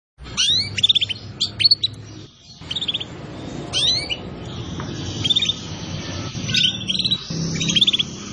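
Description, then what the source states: Canary song: bright rapid chirps and short trills high up, in bursts separated by brief pauses. Song used as a lure for catching birds.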